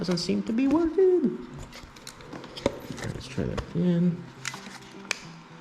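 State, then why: Seated. Someone talks while pushing a Fox Wolf wireless phone charger cradle down onto its motorcycle mount base on a second try, with soft handling taps and scrapes. A small, sharp snap comes at 5.1 s as the cradle seats into the mount, and a check afterwards shows it looks good.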